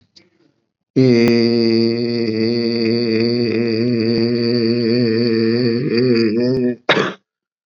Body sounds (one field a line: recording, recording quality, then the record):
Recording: sustained vowel as in beet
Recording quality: poor, much background noise or distortion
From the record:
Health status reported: COVID-19 positive, mild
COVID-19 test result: positive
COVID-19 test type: RT-PCR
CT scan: not taken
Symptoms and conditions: cough, sore throat, fever, fatigue, muscle pain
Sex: male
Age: 55 years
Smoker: no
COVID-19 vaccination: both doses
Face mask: not worn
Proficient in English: yes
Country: India